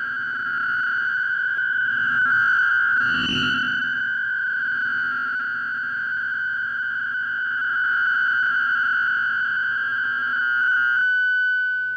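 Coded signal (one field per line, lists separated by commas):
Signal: fast PSK data mode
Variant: PSKR250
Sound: steady buzzy warbling tone around 1.5 kHz, harsh and continuous, like distorted synth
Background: shortwave static, low hum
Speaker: we'll increase the speed again to 220 words per minute the mode is pskr 250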